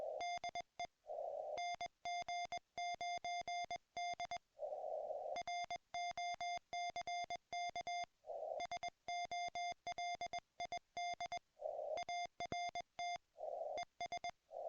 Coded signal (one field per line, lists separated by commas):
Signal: Morse code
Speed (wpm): 20 wpm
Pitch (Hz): 2100 Hz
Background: music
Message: DE NG9D ROCK SOLID ART ES